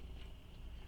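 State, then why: Not seated. A decorative rivet cap and post are being pressed together through the strap tab of a tote bag. Only low, steady background noise is heard, with no sharp hit. Nothing has seated or clicked yet.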